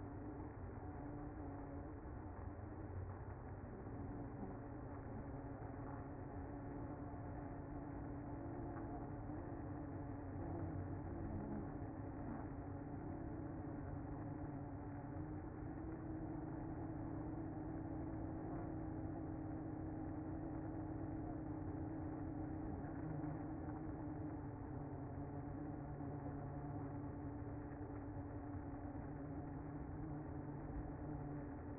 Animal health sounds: honeybee colony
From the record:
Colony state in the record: active

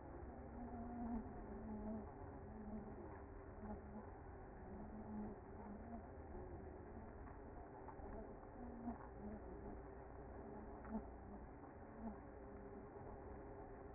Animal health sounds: honeybee colony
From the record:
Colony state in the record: active

